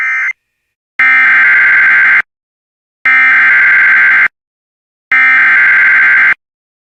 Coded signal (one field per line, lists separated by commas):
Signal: Emergency Alert System (SAME) tones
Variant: header bursts